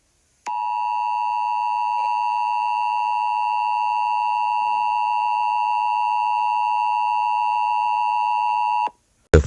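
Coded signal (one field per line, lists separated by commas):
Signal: Emergency Alert System (SAME) tones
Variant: 853 and 960 Hz attention tone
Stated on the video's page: Fictional mini EAS scenario, not a real alert.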